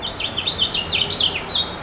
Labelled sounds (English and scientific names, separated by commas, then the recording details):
House Finch (Haemorhous mexicanus) song
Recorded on Long Island, New York, on 21 June 2011
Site IT
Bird C